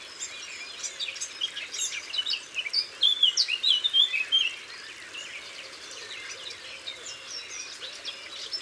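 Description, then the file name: Eurasian blackcap song: a rich, fast warble of fluty notes lasting a second or two amid a chorus of chirping birds. Recorded in Isère, France. "Fauvette-a-tete-noire-Concerts-naturels-de-l Isere-Studio-Les-Trois-Becs"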